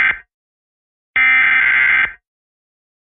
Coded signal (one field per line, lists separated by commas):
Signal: Emergency Alert System (SAME) tones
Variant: header bursts